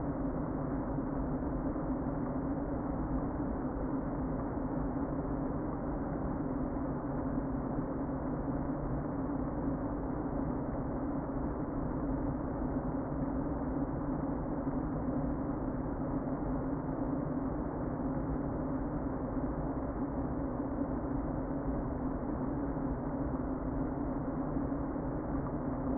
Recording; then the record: honeybee colony, microphone inside the hive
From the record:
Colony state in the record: queen present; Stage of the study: before two queens were removed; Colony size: about 60,000 bees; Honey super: yes